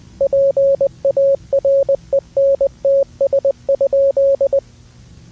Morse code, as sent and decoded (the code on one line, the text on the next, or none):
.--. .- .-. . -. - ... ..--..
PARENTS?